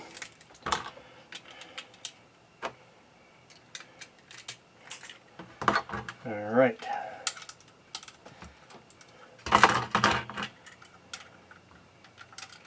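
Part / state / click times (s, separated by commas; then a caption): plastic toy pod onto toy vehicle / not seated / none. A plastic toy pod is handled and fitted onto a toy vehicle so it will lock into place, making a scatter of light plastic clicks and taps with louder bursts around 5.7, 7.3 and 9.5–10.0 seconds. Someone talks briefly. The pod has not locked into place yet; nothing has seated or clicked home by the end.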